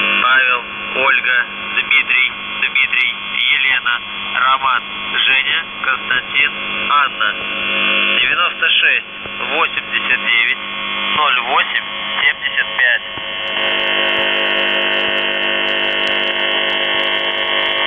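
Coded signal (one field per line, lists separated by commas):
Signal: coded military voice message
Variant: UVB-76, Russian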